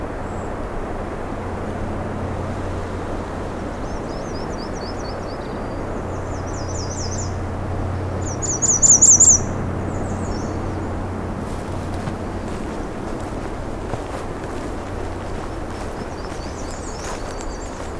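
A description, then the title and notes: Birds sing short, bright, twittering phrases on a June morning, in bursts every few seconds, loudest around the nine-second mark and again near the end. Underneath runs a steady, low, even rumble like traffic, with a few faint clicks in the middle. An unopened road allowance that follows the edge of the park property. It starts as a road but quickly gets much more narrow, with small cedars and shrubs crowding the trail in. I know this heads to a wetland, so I’m hoping to come across some new songs on this warm June morning.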